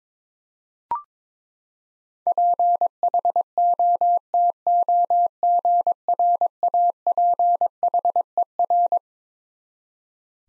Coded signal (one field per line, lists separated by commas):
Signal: Morse code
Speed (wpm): 22 wpm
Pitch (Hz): 700 Hz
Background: none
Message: PHOTOGRAPHER